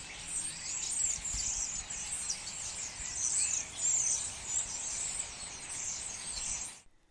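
European Starlings in a flock: constant overlapping high chatter, clicks and squeaky whistles rising and falling in intensity, then stopping abruptly near the end.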